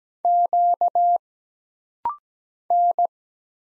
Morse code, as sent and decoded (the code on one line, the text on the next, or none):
--.- / -.
Q N